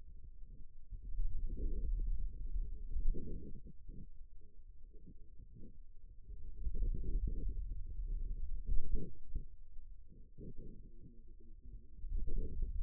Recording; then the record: forearm muscle sounds (acoustic myography)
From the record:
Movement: pen grasping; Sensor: system 2, bracelet of six BSWA MPA416 microphones around the upper forearm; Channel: 3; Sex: male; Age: 22 years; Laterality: right